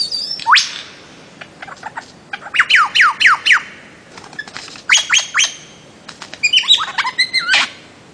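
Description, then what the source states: Bird-of-paradise song: sharp downward-sweeping whistles in quick bursts, clicks, and a short run of bright twittering notes near the end. Master song used for training songbirds.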